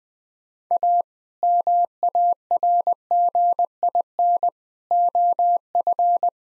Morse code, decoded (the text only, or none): A MARGIN OF